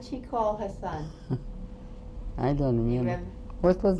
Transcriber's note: chuckles